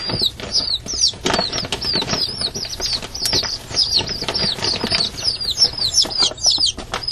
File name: Chicks Chirp